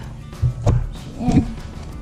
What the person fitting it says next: There we go. Heard that nice click.